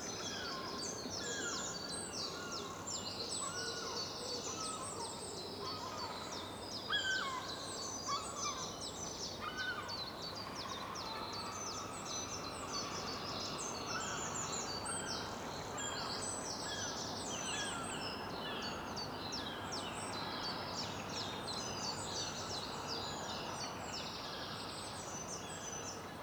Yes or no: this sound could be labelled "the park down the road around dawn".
yes